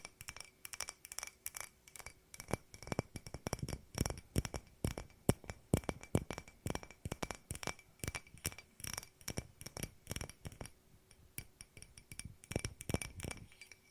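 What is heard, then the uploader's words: Glass is tapped over and over in quick, uneven clusters of sharp clinks, some landing close together and others spaced apart. Short ringing tones linger between the hits, with one steady bright ring holding through much of the recording. The tapping continues all fourteen seconds. ASMR No Talking Glass Tapping and Ringing Sounds.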